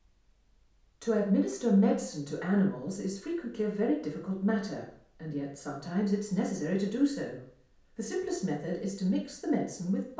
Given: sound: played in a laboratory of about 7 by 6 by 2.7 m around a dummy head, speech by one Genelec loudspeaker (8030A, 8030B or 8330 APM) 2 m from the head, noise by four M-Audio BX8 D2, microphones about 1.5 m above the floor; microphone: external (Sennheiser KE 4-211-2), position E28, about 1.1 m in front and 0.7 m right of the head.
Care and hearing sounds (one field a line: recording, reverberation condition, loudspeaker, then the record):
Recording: female speech in English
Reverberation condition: medium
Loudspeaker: 60 degrees to the left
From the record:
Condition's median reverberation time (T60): about 510 ms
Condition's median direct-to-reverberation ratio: about -0.5 dB